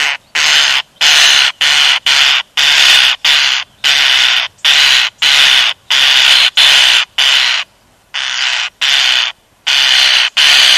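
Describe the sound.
European starling giving loud, grating, hissing rasps in a rapid, uneven series of many calls with brief pauses between them.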